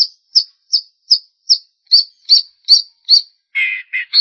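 Long-tailed shrike song: a quick, evenly spaced series of high piping notes, ending in a few lower harsh buzzy calls.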